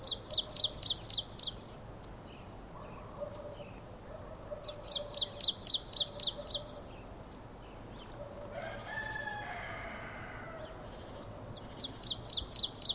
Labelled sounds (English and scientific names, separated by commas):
Marsh Tit (Poecile palustris)